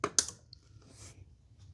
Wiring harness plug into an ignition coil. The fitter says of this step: wait till you hear the click,